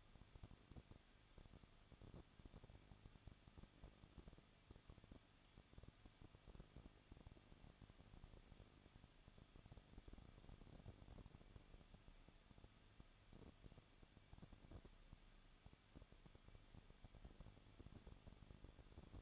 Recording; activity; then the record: daily activity, microphone in the room; no activity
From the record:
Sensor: 4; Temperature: 23.1 degrees Celsius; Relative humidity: 33.9%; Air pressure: 1007.2 hPa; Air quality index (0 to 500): 215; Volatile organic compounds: 15 ppm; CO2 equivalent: 2485 ppm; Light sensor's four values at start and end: 2/3/1/1 and 2/3/1/1